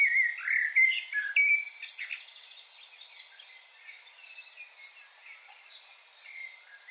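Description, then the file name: Common blackbird giving several loud, clear slurred notes in the first two seconds, then fading beneath a steady background of high chirping birds. "Turdus merula"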